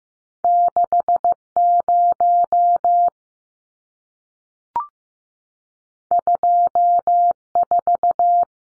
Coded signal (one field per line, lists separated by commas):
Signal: Morse code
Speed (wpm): 15 wpm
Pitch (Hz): 700 Hz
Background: none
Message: 60 24